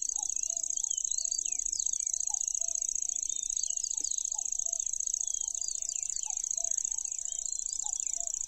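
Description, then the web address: Lanceolated warbler sustaining a thin, rapid reeling trill for the whole stretch; other birds chirp and low paired notes repeat underneath. "makinosennyu"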